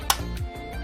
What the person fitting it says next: you hear that click